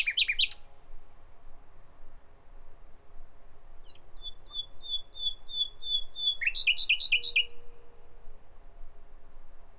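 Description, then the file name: Common nightingale song: an opening jumble of notes, then a long steady series of thin repeated whistles, ending in a fast, rich rattle of notes. "Nachtigall"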